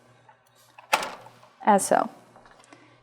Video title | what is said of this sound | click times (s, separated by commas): Giới thiệu các bước cài đặt máy chuẩn độ điện thế đa năng Titroline 7000 hãng SI Analytical (Xylem) | you click it into place | 0.9 s